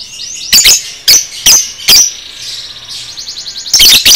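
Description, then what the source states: Lovebird chattering: quick harsh chirps in a broken series, a fast buzzy trill in the middle, then a dense burst of shrill notes. Cage-bird training recording (masteran) of 'paud' lovebird song.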